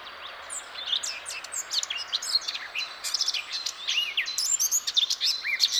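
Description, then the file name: Eurasian blackcap song, a rapid, unbroken stream of high chirps, sliding whistles and short trills that rises and falls in loudness throughout, with light background hiss. "Sylvia atricapilla"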